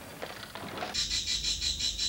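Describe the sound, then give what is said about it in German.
A ventriloquist mimics a bird call: a few low murmured sounds, then a rapid, steady trill of high, shrill chirps pulsing about five times a second, fairly loud. “Der Bauchredner versteht es, Vogelstimmen nachzuahmen.”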